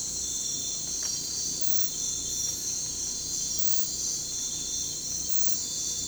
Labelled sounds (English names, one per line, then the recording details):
none
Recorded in pastures near Puerto Asís, Putumayo, Colombia, on 18 December 2024 at 04:30
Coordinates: 0.466, -76.322
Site G040